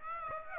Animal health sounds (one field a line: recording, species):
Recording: mosquito wingbeat signal from an infrared sensor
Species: Aedes aegypti